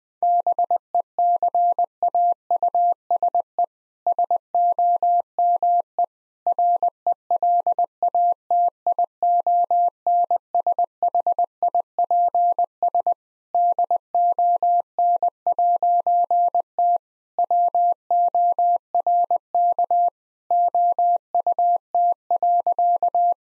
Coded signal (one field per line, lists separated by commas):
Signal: Morse code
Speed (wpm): 20 wpm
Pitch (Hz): 700 Hz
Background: none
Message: BECAUSE SOME RELATIONSHIPS DON'T WORK OUT.